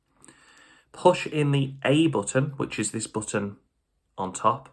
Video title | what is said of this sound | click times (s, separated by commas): Citizen PMD56-2952 not syncing with raspberry pi? Solution fix | so what you want to do is unscrew the crown you'll just hear the pop don't pull the crown out | 0.2 s